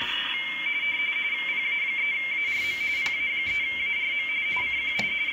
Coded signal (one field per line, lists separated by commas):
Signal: RTTY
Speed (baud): 45.45 baud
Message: PA3ARM PA3ARM CQ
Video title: Decoding RTTY on the Icom IC 7100